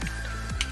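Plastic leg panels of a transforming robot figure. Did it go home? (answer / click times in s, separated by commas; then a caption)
yes / 0.6 s. Plastic leg panels on a Fans Hobby MB-14A Flame Breaker (Hosehead) transforming robot figure are rotated in over a steady low background tone. They click into their locked position at 0.6 s, and the panels are seated.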